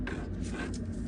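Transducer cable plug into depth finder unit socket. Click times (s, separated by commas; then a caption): 0.1 s. A transducer cable plug for a depth sounder is pushed hard into the depth finder unit's socket and clicks into place at 0.1 seconds. A second, fainter tap follows at 0.7 seconds over a steady low hum. The connector is seated.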